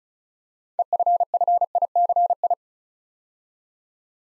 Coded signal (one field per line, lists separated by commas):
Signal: Morse code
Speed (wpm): 36 wpm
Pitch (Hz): 700 Hz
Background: none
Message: EFFICI